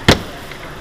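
A plastic rear interior trim panel on a Tesla Model S is pressed back onto its plastic retaining clips in the rear hatch after installing the lighted T logo. One sharp, loud snap lands at 0.1 s, followed by a quiet, steady background and a faint tick near the end. The clips snap home and the panel is seated, which counts as a good sound.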